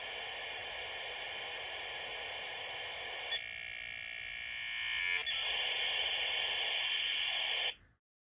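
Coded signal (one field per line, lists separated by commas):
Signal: dial-up modem handshake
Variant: 56k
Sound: loud wideband modem hiss changing character twice, then cutting off sharply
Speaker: On ajoute la carte et on est parti.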